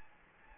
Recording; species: mosquito wingbeat signal from an infrared sensor; Anopheles gambiae